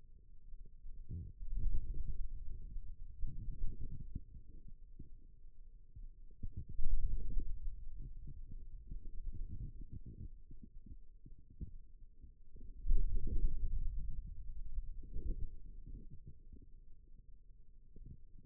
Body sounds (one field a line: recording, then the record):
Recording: forearm muscle sounds (acoustic myography)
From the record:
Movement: ulnar deviation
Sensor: system 2, bracelet of six BSWA MPA416 microphones around the upper forearm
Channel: 4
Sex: male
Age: 22 years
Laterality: right